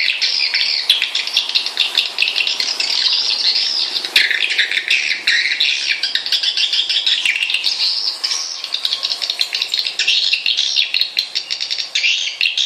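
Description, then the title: Swiftlets chattering in a continuous, dense stream of buzzy, rattling twitters that pulse rapidly throughout without a break. Swiftlet lure call from Kalimantan. "mp3 undang burung walet 1. Suara Walet Kalimantan"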